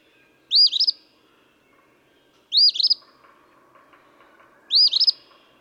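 Eastern phoebe giving three harsh, stuttering two-note phrases at a steady pace, about two seconds apart, with faint background bird chatter.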